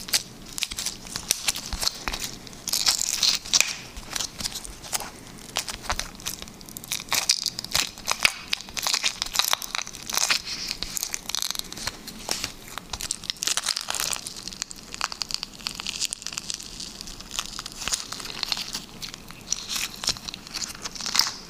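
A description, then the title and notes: Liquid slime being squeezed and worked, making a dense run of wet crackles, pops and sticky squelches that never stops. The sounds are bright and crisp, coming in rapid irregular bursts, with a brief quieter dip around seven seconds and louder clusters near three and fourteen. Liquid Slime ASMR.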